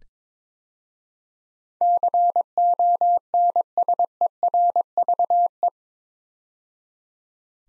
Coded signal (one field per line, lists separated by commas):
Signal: Morse code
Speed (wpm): 22 wpm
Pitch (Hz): 700 Hz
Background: none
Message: CONSERVE